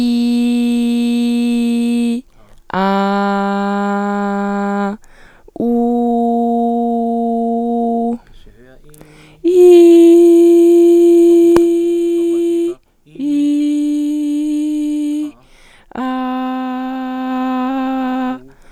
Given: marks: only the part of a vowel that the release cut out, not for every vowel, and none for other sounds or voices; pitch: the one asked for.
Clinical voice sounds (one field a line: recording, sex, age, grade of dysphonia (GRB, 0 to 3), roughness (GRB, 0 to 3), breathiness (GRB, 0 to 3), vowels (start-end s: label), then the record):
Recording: sustained vowels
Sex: female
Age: 20 to 29 years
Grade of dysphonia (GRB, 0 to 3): 0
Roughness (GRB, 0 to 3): 0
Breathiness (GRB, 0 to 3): 0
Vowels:
0.00-2.02 s: vowel /i/, normal pitch
2.86-4.81 s: vowel /a/, normal pitch
5.99-7.93 s: vowel /u/, normal pitch
13.46-15.22 s: vowel /i/, high pitch
16.20-18.11 s: vowel /a/, high pitch
From the record:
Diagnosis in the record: healthy voice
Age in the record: 21 years